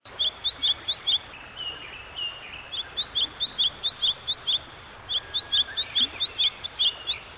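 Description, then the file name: Bird calling with quick, high chirps in rapid bursts with brief pauses, over a steady faint background hiss. "burung"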